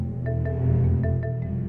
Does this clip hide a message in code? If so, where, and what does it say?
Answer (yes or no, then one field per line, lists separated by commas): no